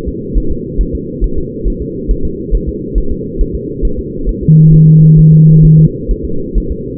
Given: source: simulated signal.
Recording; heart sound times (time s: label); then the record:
fetal heart sounds
0.08 s: S2
0.38 s: S1
0.52 s: S2
0.81 s: S1
0.95 s: S2
1.24 s: S1
1.38 s: S2
1.68 s: S1
1.82 s: S2
2.11 s: S1
2.25 s: S2
2.55 s: S1
2.69 s: S2
2.98 s: S1
3.12 s: S2
3.41 s: S1
3.55 s: S2
3.85 s: S1
3.99 s: S2
4.29 s: S1
4.43 s: S2
4.74 s: S1
4.88 s: S2
5.19 s: S1
5.33 s: S2
5.65 s: S1
5.79 s: S2
6.11 s: S1
6.25 s: S2
6.58 s: S1
6.72 s: S2
From the record:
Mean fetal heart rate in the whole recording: 135 bpm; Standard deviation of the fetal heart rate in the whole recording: 3 bpm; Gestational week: 36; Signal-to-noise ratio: -8.1 dB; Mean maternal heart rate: 72 bpm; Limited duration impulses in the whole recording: present